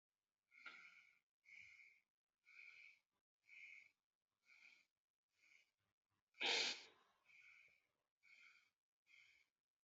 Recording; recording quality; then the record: shallow breathing; excellent, no background noise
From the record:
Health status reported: healthy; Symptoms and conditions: none ticked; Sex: male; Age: 31 years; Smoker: yes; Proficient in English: yes